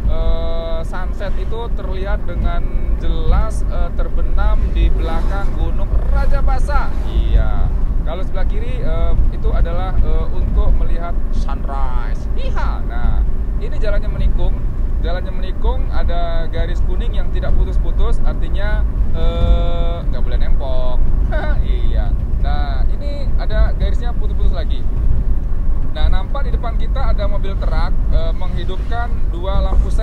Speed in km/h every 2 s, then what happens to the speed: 47, 48, 48, 47, 47, 47, 47, 47, 47, 47, 47, 47, 46, 45, 44.
0-30 steady at about 47.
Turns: none.